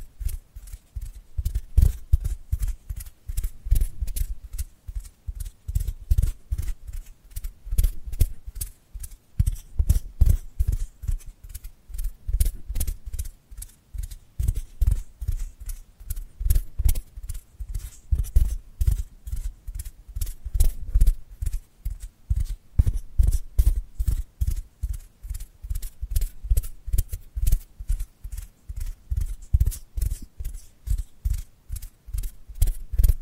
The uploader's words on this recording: ASMR Dry Dry Dry Hand Sounds to Beat Your Tingle Immunity (No Talking).